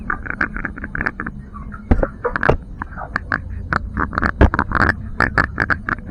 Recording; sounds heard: poultry house recording; sick chickens (respiratory disease)